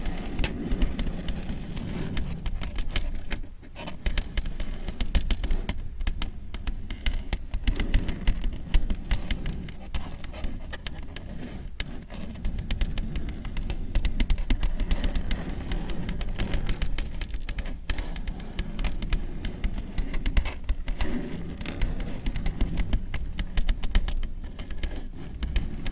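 Long nails tap and scratch in a steady, dense patter of quick clicks over a low rumble, pausing briefly near four seconds.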